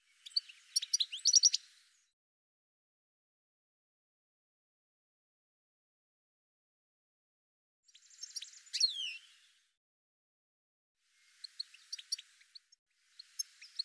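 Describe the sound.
Bird chirping in short bursts: a quick run of high notes, a long silence, a slurred phrase, then scattered faint chirps near the end.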